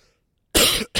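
A single loud, harsh cough burst of about a third of a second follows a brief silence, and a second cough begins just after it. The sound is rough and noisy rather than tonal, an ordinary cough from an adult man picked up by a sermon microphone.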